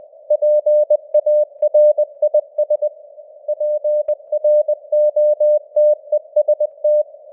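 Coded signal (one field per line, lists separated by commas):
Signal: Morse code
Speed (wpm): 20 wpm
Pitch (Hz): 600 Hz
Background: none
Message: PARIS PROTEST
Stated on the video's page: Morse news headlines at 20 wpm with simulated radio noise and varying signal strength (QSB).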